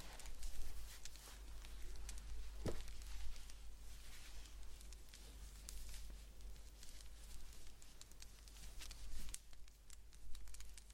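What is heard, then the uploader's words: Soft knitting sounds: steady fabric rustling with scattered bright needle clicks and crackles, a sharper tap near three seconds, over a faint low hum. ASMR Blanket Knitting To Put You To Sleep No Talking.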